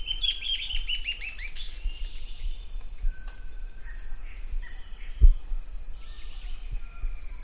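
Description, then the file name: Bird calls, a quick series of downslurred chirps in the first two seconds, over a steady high insect whine and low rumble, with one thump. "SABIOD 50 bird 2015"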